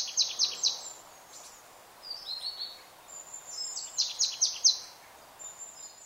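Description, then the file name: Marsh tit calls, short high chirps in quick runs of three or four, with light background hiss. "Poecile palustris"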